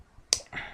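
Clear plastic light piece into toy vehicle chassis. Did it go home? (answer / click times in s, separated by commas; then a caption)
yes / 0.3 s. A small clear plastic light piece is pegged into the front of a construction-toy vehicle chassis and snaps into place with one sharp, bright click at 0.3 s. A softer, longer scraping noise follows from about 0.5 s, and the piece is seated.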